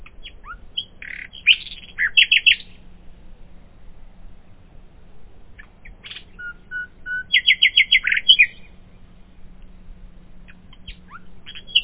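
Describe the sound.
Common nightingale song in separated phrases: varied chirps and scratchy notes, a fast rattling run of repeated notes, with quiet gaps between phrases.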